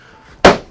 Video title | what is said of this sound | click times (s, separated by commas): Samsung DU8500 Unboxing, Setup, Test and Review with 4K HDR Demo Videos 43DU8500 | push it up into there should click in and same for this side | 0.5 s